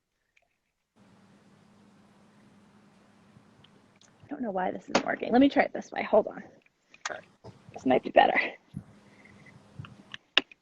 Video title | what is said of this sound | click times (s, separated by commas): Veer Cruiser vs. Evenflo Pivot Xplore - Stroller Wagon Comparison - Babylist | Okay, see that? So it's secure. You want to listen for the click. | 10.4 s